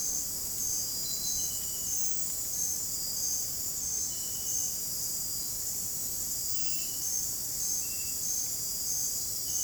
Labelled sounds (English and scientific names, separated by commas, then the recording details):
none
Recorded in dense forest near Puerto Asís, Putumayo, Colombia, on 29 June 2025 at 23:30
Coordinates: 0.503, -76.323
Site G059